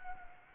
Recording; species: mosquito wingbeat signal from an infrared sensor; Anopheles gambiae